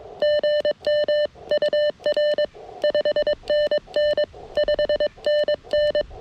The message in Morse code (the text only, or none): GM UR 5NN 5NN